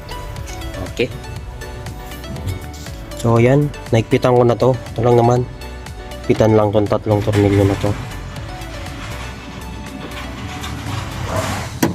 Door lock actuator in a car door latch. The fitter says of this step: Yan, nakalock na.